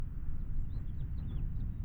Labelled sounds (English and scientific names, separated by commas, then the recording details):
House Finch (Haemorhous mexicanus) song
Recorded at Wantagh on Long Island, New York, on 21 May 1975
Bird G